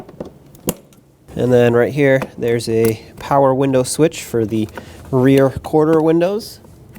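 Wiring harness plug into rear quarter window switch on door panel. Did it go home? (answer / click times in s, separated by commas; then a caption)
no / none. The wiring harness plug is handled at the rear quarter power window switch on the door panel of a 2008–2020 Dodge Grand Caravan. A few faint handling ticks come in the first second, then someone talks for the rest of the clip. The plug has not seated or clicked into the switch yet.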